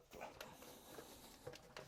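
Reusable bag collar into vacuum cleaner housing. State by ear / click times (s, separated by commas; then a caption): not seated / none. A 3D-printed plastic/TPU reusable bag collar is handled and pushed toward its seat in a vacuum cleaner housing compartment, producing short knocks and rubs around 0.4 s, 1.6 s and 1.8 s. The clip ends before the part goes home; nothing has seated or clicked yet.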